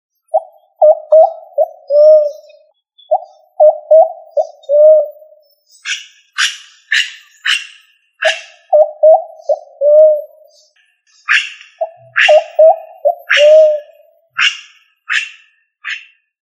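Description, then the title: Pigeon cooing in low, bubbling phrases of several notes that fall and fade, alternating with bursts of sharp, higher clicking notes. "Columbidae Pomba"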